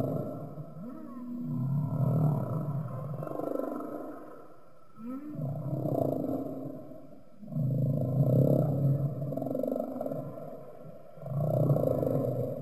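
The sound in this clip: Humpback whale song units: rumbling low moans in repeated bursts, with brief upswept cries between them and short pauses.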